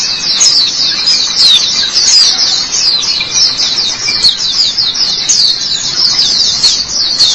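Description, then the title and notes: White-eye song: a continuous stream of high, twittering chirps and warbled notes, densely packed without pauses. "Suara kicauan burung pleci"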